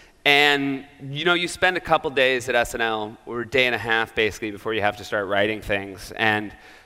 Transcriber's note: none